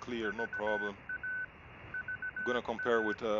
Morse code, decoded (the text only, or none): VA VA